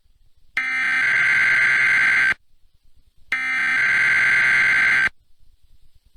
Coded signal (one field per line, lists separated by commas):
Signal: Emergency Alert System (SAME) tones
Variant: header bursts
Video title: EAS: Chuck Norris Alert, USA & Canada (2016)